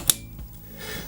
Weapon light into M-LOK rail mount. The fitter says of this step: into the rail mounts until you hear an audible click